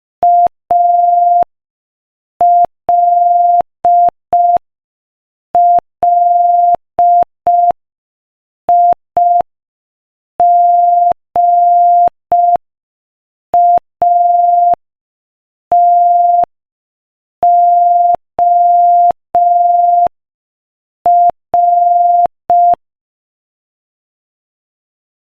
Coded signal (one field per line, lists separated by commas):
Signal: Morse code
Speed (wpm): 5 wpm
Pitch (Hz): 700 Hz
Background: none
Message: ALLIGATOR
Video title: Morse Code Practice: 5 wpm Joke #11